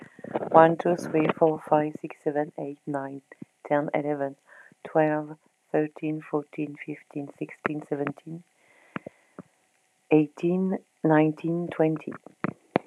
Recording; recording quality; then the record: counting at a normal pace; excellent, no background noise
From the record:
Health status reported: exposed to COVID-19, no respiratory illness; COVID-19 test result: negative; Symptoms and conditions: fatigue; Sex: female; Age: 47 years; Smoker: yes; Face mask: not worn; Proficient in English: yes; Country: France